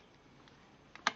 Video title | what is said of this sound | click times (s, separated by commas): Garage Series: Building Table, Stand, and Shelf Part 09 | as you see it locks into place | 1.1 s